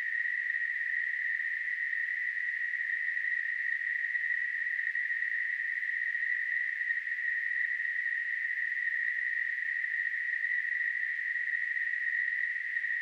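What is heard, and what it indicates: A steady, unbroken narrow-band hiss centred near 2 kHz lasts the full 13 seconds with no change in loudness. It is a simulation of tinnitus, a constant high-pitched ringing or hissing heard in the ears without an outside sound.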